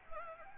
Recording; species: mosquito wingbeat signal from an infrared sensor; Anopheles gambiae